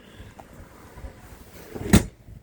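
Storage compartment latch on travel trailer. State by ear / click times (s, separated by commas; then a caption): released / 1.9 s. A storage compartment latch on the outside storage of a 2026 Coachmen Chaparral 218SE travel trailer is clicked to take it off, with a faint tick at 0.4 s. A sharp click at 1.9 s marks the latch releasing open.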